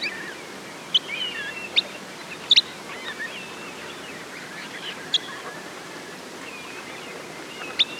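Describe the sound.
Sanderling calls: brief, high, clipped notes given singly or as a quick pair, one to three seconds apart, over a constant soft rushing background.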